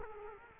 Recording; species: mosquito wingbeat signal from an infrared sensor; Culex quinquefasciatus